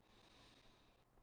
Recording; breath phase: one breath near a microphone; inhalation